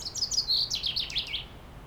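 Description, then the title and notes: Common chaffinch song, a quick run of high chirping notes that steps downward and fades, over a faint low rumble. Singing in a tree while preening, Aix-les-Bains, France; faint stream in background. "30 Rue Eugène Fert, Aix-les-Bains, France - Pinson des arbres. Un pinson chante dans un arbre et je le vois faire sa toilette, une petite séquence différente de sa ritournelle habituelle, puis dérangé par un autre oiseau il s'envole"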